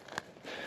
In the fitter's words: make sure it clicks into place so I know that's closed